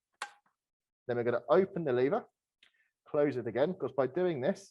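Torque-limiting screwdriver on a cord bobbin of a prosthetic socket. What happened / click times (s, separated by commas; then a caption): The torque screwdriver clicked again at its limit / 0.2 s. A torque-limiting screwdriver set to 1 Nm is turned again on the cord bobbin of a prosthetic socket and gives a second sharp click at 0.2 s. Someone then talks.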